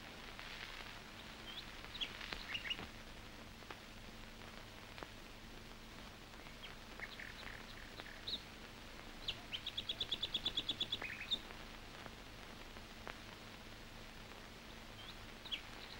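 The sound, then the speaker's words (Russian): Daytime forest ambience with scattered birdsong: assorted high chirps and tweets throughout, plus a rapid, rhythmic trill of repeated notes midway, over a soft steady background hum. “День, лес. По лесу идут разведчики.”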